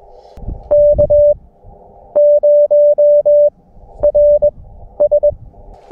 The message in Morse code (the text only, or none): K0RS